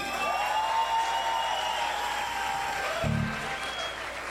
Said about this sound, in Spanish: Un aplauso para la resistencia.